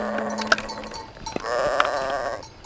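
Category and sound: animal, sheep bleating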